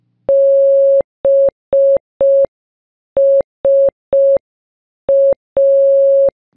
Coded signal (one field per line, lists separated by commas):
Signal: Morse code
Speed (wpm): 5 wpm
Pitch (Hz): 550 Hz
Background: none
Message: BSA